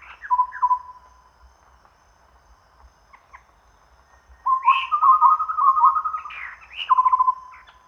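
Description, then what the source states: Chestnut-rumped babbler calls: a short whistled trill, a quiet gap with faint notes, then a longer bubbling trilled phrase with upslurred notes and a final rapid trill. Recorded at Danum on 1 April 2006.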